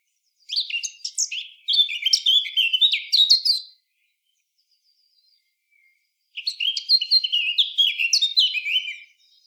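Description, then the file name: Eurasian blackcap song: two rich, rapid warbling phrases of about three seconds each, high and varied, separated by a pause of roughly two and a half seconds. "Sylvia atricapilla"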